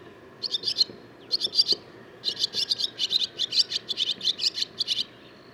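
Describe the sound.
Barn swallow song: high twittering chirps in short bursts, then a sustained chattering sequence of rapid notes.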